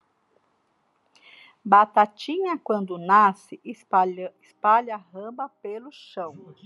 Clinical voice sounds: short text; Brazilian Portuguese; female; 50 to 59 years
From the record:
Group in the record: control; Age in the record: 55 years

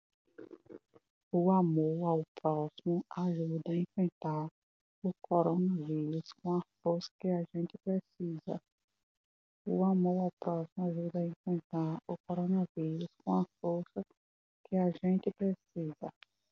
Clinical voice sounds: spoken sentence; Brazilian Portuguese; female; 30 to 39 years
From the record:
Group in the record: control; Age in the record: 32 years

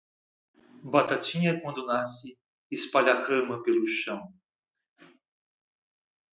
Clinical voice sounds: short text; Brazilian Portuguese; male; 50 to 59 years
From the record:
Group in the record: control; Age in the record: 54 years

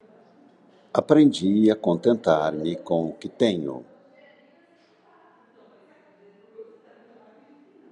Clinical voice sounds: short text; Brazilian Portuguese; male; 60 to 69 years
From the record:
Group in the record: control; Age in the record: 63 years

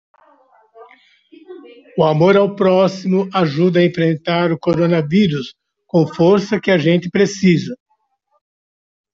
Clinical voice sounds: spoken sentence; Brazilian Portuguese; male; 60 to 69 years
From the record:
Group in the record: control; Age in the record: 67 years

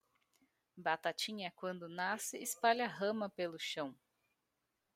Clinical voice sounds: short text; Brazilian Portuguese; female; 30 to 39 years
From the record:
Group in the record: control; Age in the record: 33 years

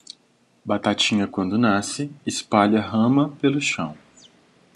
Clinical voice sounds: short text; Brazilian Portuguese; male; 20 to 29 years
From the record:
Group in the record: control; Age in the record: 24 years

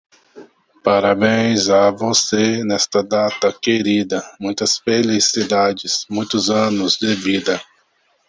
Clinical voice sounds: short text; Brazilian Portuguese; male; 40 to 49 years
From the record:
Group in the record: control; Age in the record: 47 years

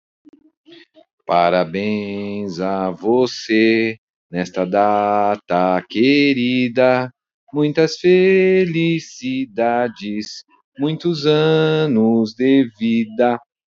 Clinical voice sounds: short text; Brazilian Portuguese; male; 40 to 49 years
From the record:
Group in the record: control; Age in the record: 49 years

